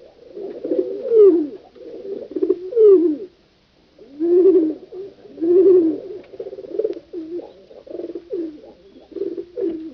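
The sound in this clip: Pigeon cooing, a run of low throaty rolling coos in bursts of about a second, with one clear pause near the middle.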